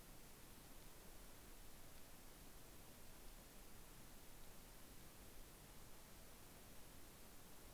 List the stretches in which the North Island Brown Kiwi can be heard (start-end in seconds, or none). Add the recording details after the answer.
none. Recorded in New Zealand on 18 December 2013. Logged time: 22:59. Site CJ71